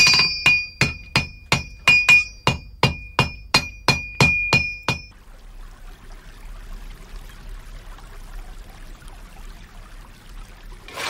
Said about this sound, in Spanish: Con el oficio de herrero, muere también en nuestra memoria el impecable sonido del martillo sobre el yunque.